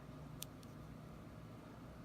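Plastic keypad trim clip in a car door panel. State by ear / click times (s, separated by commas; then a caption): released / 0.4 s. A plastic keypad trim panel is pried off a car door, and its plastic retaining clip releases with a sharp snap at 0.4 s, just the clip coming loose. A fainter tick follows at 0.6 s over a steady low background hum, and the trim is released.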